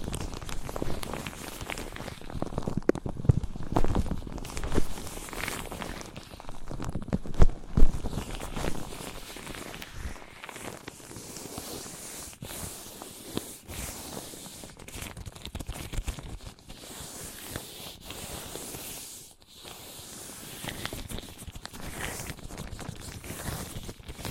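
Wood, cork, sponge, foam, glass and plastic being handled, with dense, crackling scrapes and rubs that come in irregular bursts. The louder stretches fall in the first ten seconds, with brief quiet gaps near 10, 13, 16 and 19 seconds.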